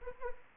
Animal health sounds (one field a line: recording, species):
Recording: mosquito wingbeat signal from an infrared sensor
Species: Anopheles arabiensis